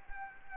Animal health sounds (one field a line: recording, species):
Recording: mosquito wingbeat signal from an infrared sensor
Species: Anopheles arabiensis